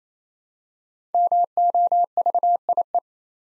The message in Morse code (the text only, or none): MOVIE